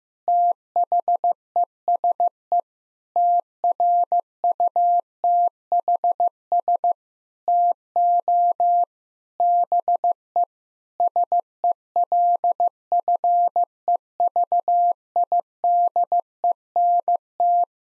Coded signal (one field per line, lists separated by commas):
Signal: Morse code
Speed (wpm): 14 wpm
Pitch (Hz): 700 Hz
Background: none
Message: THESE TRUTHS TO BE SELFEVIDENT